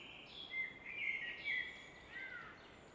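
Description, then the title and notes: Common nightingale singing a few quick whistled and warbled notes in close succession, with a constant rushing hiss behind. Evening at Fläsch, Switzerland; roar of the Rhine reflected off a rock face in the background; recorded with Fostex FR2 and MKH 800. "Fläsch, Schweiz - Abendstimmung Nachtigall. Im Hintergrund wird das Rauschen des Rheins von einer Felswand reflektiert"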